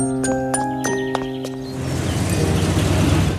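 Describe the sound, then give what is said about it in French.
A bus idles with a steady droning hum and a few sharp clicks, then its engine swells into a broad rumbling roar as it pulls away. “Allez, ou le bus va démarrer sans toi.”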